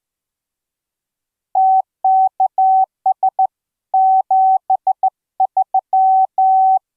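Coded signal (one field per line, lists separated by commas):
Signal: Morse code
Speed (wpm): 14 wpm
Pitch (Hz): 760 Hz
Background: none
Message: TKS 73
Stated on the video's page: Straight-key Morse keyed through a USB MIDI interface into ehoCW software keyer on Windows, tones sent over internet via Mumble voice chat; live demo.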